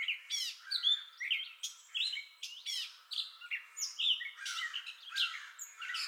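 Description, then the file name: Gray catbird song, buzzy rattles alternating with slurred whistles and squeaky notes in a continuous rambling sequence. Entire song bout, 30 May 2021. "2021-05-30 Gray Catbird Entire Song Bout"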